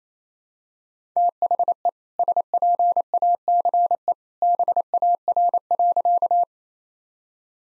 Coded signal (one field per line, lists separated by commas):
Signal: Morse code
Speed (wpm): 28 wpm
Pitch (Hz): 700 Hz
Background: none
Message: THE SPACE BAR.